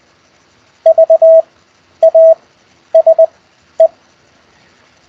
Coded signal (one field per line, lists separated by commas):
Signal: Morse code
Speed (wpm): 20 wpm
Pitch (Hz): 650 Hz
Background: none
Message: VASE